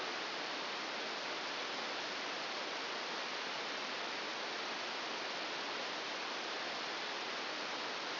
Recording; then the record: brain microelectrode recording played as sound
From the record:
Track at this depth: inside the subthalamic nucleus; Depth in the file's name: 4.208 mm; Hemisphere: right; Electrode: 2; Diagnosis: Parkinson's disease